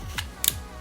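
A plastic wrist strap attachment, minus side matched to minus, is slid down the side rail of a handheld game controller for a Nintendo Switch OLED Model and pushed all the way until it snaps in. A faint tick comes at about 0.2 s, then a sharp, bright snap at 0.5 s as the strap seats on the rail.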